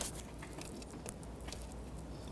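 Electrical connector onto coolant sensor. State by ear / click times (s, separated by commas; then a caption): seated / 1.1 s. An electrical connector is pushed onto the coolant temperature sensor threaded into the aluminum housing during a water pump replacement on a 2005-2010 Pontiac G6. Amid faint handling noise and small ticks, a sharp click at 1.1 s marks the connector seating fully.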